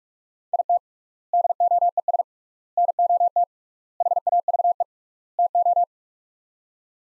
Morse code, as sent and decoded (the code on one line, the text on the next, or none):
.. - / -.. --- . ... / -. --- - / .... .- ...- . / - ---
IT DOES NOT HAVE TO